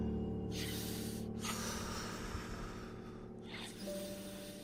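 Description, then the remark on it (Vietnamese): Heavy, ragged breathing of the badly wounded story character Lâm Động, trembling with pain after a fierce fight: three long, harsh, hissing breaths with short gaps between them, loud over a steady low droning tone. “Lâm Động thở ra một cách nặng nhọc và hỗn loạn.”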